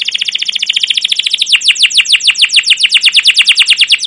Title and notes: CUIT CUIT NGEROL LANGSUNG GACOR PANJANG Kenari Ini AMPUH Utk Pancingan KENAR. PANCINGAN Kenari GACOR PANJANG Cuit CUIT EMOSI ini AMPUH utk MASTERAN Kenari PAUD belajar BUNYI. burung kenari